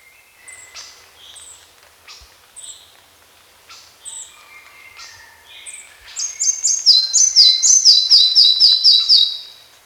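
Red-breasted flycatcher song: faint scattered high notes, then a loud run of quick paired whistled notes stepping down in pitch, about four per second.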